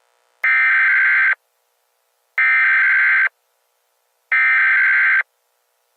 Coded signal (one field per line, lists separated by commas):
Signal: Emergency Alert System (SAME) tones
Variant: header bursts